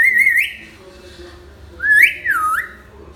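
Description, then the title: Hill myna giving rich whistles: one mostly level that rises at the end, then a longer whistle that rises sharply, dips low and lifts again. Hill myna (beo) described as gacor, recorded as a tutor (masteran) recording for training other birds. "Suara Burung Beo Gacor Cocok Untuk Masteran"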